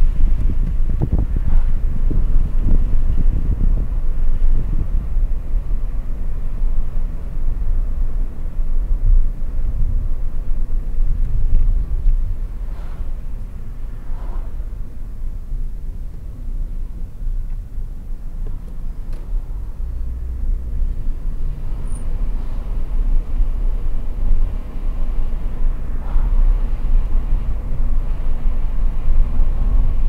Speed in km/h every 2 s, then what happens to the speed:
49, 50, 50, 47, 43, 39, 36, 30, 26, 28, 35, 42, 47, 51, 52.
0-5 steady at about 50. 5-17 slows to 26. 17-30 speeds up to 52.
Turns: none.